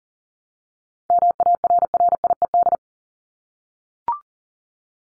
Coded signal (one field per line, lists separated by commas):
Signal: Morse code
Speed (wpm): 40 wpm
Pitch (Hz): 700 Hz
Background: none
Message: MARRIED